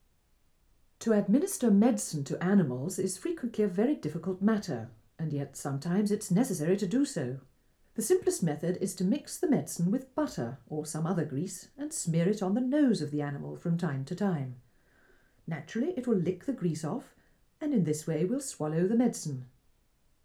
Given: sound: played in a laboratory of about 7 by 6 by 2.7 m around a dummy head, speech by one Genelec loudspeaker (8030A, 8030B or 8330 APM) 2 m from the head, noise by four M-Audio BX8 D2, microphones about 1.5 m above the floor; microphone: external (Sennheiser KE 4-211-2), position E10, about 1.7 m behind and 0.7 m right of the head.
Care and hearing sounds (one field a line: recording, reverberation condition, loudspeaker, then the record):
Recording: female speech in English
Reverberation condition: low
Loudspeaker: behind (180 degrees)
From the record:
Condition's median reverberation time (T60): about 310 ms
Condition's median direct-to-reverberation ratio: about 3.5 dB